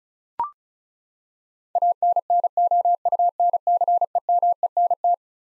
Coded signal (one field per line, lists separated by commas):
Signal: Morse code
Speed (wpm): 36 wpm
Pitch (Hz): 700 Hz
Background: none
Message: ANNOUNCEMENT